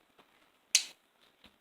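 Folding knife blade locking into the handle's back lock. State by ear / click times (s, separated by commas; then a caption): seated / 0.8 s. The blade of a Cold Steel Counterpoint 2 folding knife is flicked open, and its triad back lock engages with a sharp, bright metallic click at 0.8 s, followed by a faint softer tick around 1.4 s. The lock clicks firmly into place: a hinge on the back hooks over a supporting pin so the blade holds open securely.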